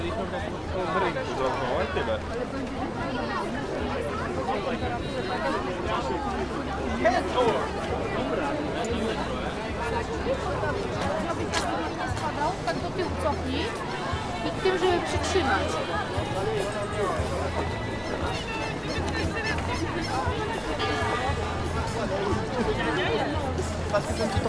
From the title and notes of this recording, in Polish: Jarmark Bożonarodzeniowy we Wrocławiu. Lokalizacja: Stare Miasto, Rynek. Czas: 16:53. Rekorder, mikrofon: sony pcm d50. Wielotysięczny gwar.